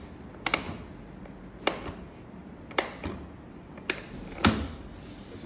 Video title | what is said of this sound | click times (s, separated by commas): Arturo Stella Office Chair | As you hear the click, it locks into position. | 0.5 s, 1.7 s, 2.8 s, 3.9 s